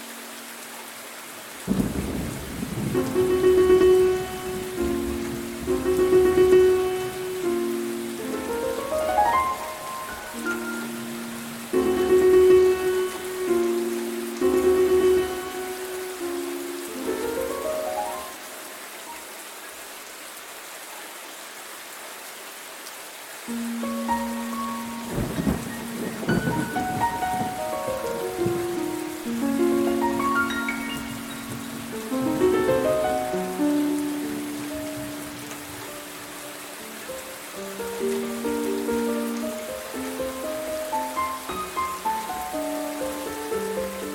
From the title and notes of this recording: Soothing RAINSTORM and Gentle MUSIC. This episode features the calming sounds of a thunderstorm combined with gentle music.